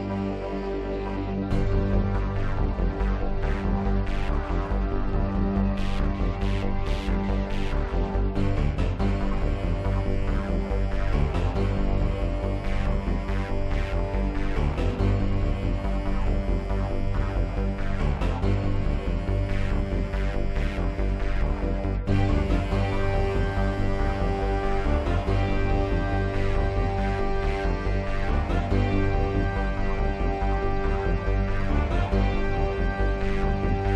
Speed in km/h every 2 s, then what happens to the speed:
137, 137, 137, 137, 135, 127, 122, 121, 121, 122, 122, 122, 124, 126, 126, 127, 127.
0-8 steady at about 137. 8-13 slows to 121. 13-34 steady at about 122.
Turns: none.